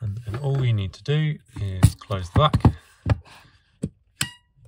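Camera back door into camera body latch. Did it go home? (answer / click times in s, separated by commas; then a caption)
yes / 4.2 s. Someone talks, then the hinged plastic back door of a Canon Sureshot A1 35mm point-and-shoot camera is pressed closed over the loaded film. A couple of softer knocks come first, then a sharp snap at 4.2 s as the door latches shut into the camera body.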